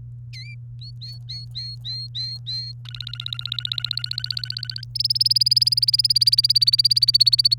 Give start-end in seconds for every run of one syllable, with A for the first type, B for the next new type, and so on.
0.33-0.54 A, 0.81-2.72 B, 2.85-4.84 C, 4.95-7.54 D